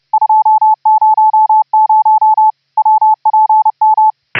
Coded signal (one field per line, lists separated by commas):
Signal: Morse code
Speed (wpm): 32 wpm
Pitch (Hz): 870 Hz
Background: none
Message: 200 WPM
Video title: HAM RADIO - Remote RIG WIRELESS "audio OVER ip" using GStreamer pipelines - laptop to Raspberry PI